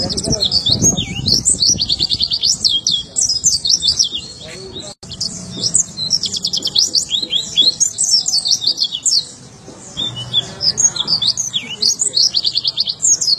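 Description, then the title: White-eye song: long bouts of very high, rapid twittering notes with short pauses, over faint low background noise. "Pleci"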